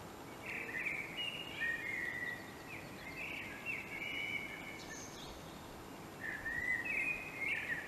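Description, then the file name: Common blackbird song: mellow warbled phrases, two drawn-out runs and a third near the end, with brief squeaky high notes, against constant background noise. "Turdus merula"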